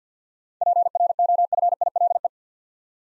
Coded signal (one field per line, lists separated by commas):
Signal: Morse code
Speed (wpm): 50 wpm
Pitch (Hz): 700 Hz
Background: none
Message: PROFILE